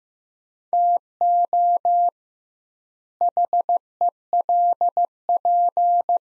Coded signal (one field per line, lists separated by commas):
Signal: Morse code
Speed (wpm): 15 wpm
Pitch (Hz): 700 Hz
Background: none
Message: TO HELP